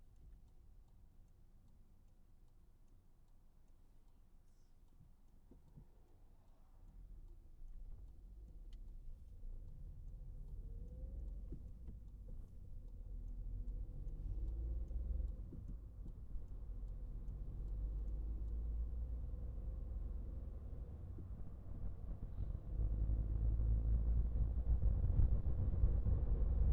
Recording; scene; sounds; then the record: everyday scene through a hearing-aid microphone; in a vehicle; engine, rumble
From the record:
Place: Skoda Fabia, gasoline engine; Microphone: behind the ear, right, front